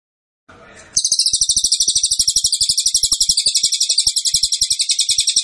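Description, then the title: Cililin: after a brief burst of low noise, cililin song begins: a shrill, quick, evenly pulsed trill repeated without pause. Cililin song, used to teach songbirds. "Cililin AMPUH. Masteran Burung cililin masteran sang juara"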